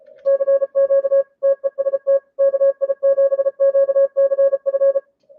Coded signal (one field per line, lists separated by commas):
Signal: Morse code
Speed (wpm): 32 wpm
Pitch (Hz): 560 Hz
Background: music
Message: CQ TEST KI7QCF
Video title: ARRL Inter. DX Contest, CW Final Day